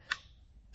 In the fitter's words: do you hear that click